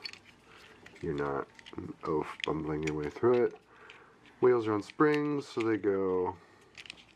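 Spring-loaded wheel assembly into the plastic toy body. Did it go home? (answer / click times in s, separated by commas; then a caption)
no / none. Someone talks while handling a Fans Toys Koot plastic robot toy during transformation, working the spring-loaded wheel assembly toward its recess in the plastic toy body. A few faint handling ticks are heard, but nothing has seated or clicked yet.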